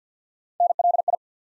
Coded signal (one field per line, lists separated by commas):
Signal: Morse code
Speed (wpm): 47 wpm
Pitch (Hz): 700 Hz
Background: none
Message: NLI